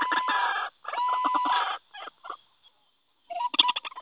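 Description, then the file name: White-breasted waterhen: two long harsh croaks, a few short clucking notes, a pause, then a fresh burst of rapid grating calls. Call used as a lure (pikat). "suara ruak ruak pikat. omkicau"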